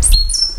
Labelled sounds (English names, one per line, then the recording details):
Stitchbird song
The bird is a male
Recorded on Tiritiri Matangi Island, New Zealand, in 2005
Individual 20, of nest box 28